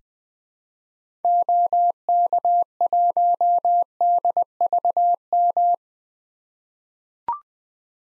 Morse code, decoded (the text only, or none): OK1DVM